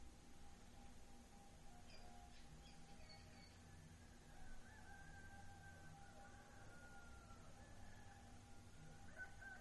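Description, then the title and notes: Rooster crowing faintly: a drawn-out call lasting a few seconds, over a steady low hum and a constant high tone in the background. Roosters at dawn in the town of Suchiapa, Chiapas, Mexico, with a "todo santo" wind. "Amanecer en Suchiapa, Chis. MX. Amanece de nuevo en el pueblo, otra vez. Los gallos, las campanas que anuncian el camión de basura y los perros, amanece con un viento de "todo santo""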